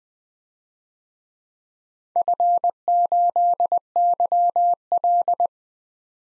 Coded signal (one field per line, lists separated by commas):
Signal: Morse code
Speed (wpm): 20 wpm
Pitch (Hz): 700 Hz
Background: none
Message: F8YL